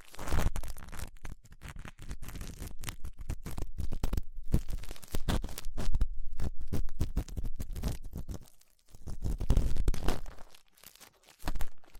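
Crackly rubbing and scratching from ear cleaning with latex gloves, a dental pick and cotton swabs. Dense bursts of crinkling and scraping run almost continuously, with brief pauses near four, six and after eight seconds, then a louder rustling surge around ten seconds.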